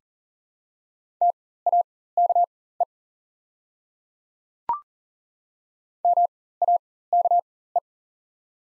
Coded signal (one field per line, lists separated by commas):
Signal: Morse code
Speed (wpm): 37 wpm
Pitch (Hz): 700 Hz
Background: none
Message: TAKE MAKE